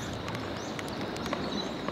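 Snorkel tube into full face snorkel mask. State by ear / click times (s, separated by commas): not seated / none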